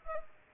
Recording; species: mosquito wingbeat signal from an infrared sensor; Culex pipiens